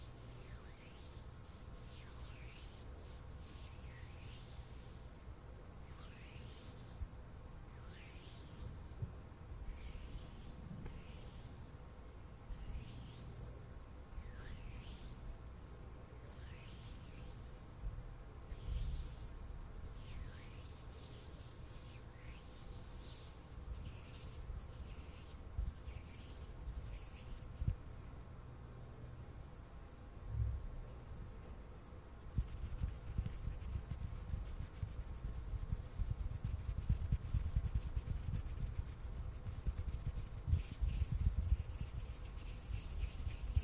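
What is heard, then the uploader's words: Hand sounds: soft, airy swishes of palms rubbing repeat about every second or two for the first half, over a low steady hum. After a short hush near thirty seconds, denser, rumbling handling takes over, with a brighter rub near the end. ASMR HAND SOUNDS NO TALKING,INTENSE HAND SOUNDS ASMR NO TALKING. ASMR HAND MOVEMENTS.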